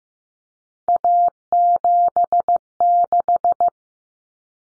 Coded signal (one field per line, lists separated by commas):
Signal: Morse code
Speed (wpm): 15 wpm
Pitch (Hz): 700 Hz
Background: none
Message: A76